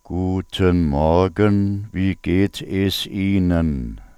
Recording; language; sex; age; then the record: spoken sentence; German; male; 70 to 79 years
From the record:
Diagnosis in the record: dysphonia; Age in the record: 71 years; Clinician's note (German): Funktionelle Dysphonie